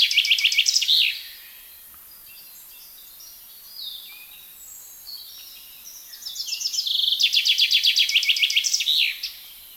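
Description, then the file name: Common chaffinch song ends at the start, soft twittering of other birds follows, then a complete loud descending trill with a closing flourish. "Fringilla coelebs"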